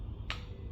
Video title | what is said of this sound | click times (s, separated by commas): cylinder usage and safety - Part 1 - Cylinder usage & safety - Golden Ace Shooting - Santhosh BN | ये अडर पर लगाते हैं तो पहले काउंटर क्लॉक वाइज इसको घुमाएंगे जब तक हमको एक क्लिक साउंड ना आ जाए आ | 0.3 s